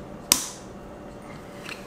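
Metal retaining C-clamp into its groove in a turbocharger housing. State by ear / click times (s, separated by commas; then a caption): seated / 0.3 s. A reused metal retaining C-clamp (snap ring) is pressed down by hand into its groove in the housing of a Greddy 18G TD05H turbocharger during a rebuild, the kit having not included the larger clamp. A single sharp metallic snap is heard at 0.3 s as the clamp locks into its groove, followed by a faint tick at 1.7 s. The clamp is seated.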